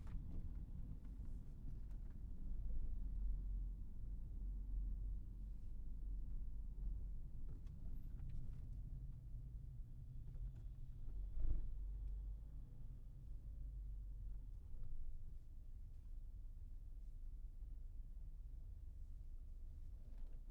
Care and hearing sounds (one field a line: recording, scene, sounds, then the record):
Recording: everyday scene through a hearing-aid microphone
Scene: in a vehicle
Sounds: engine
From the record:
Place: Berlingo II, diesel engine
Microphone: behind the ear, right, front